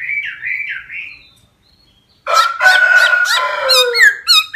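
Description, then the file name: Laughingthrush song: soft wavering whistles, a pause, then a loud burst of rich, varied notes with rising and falling whistled phrases. Wild-voice song style ('giọng rừng'). "Tieng khuou hot giong rung"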